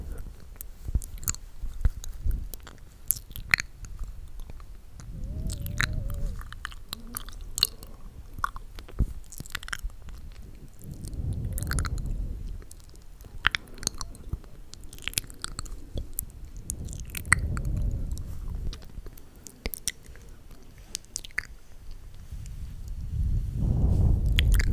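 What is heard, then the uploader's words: Wet mouth sounds: sticky clicks and smacks scattered densely throughout, with soft low breaths swelling at around 5, 11, 17 and 23 seconds. The clicks are crisp and bright, and the last breath grows louder toward the end. Tingly mouth sounds (lipgloss application, breathing sounds, kisses etc.)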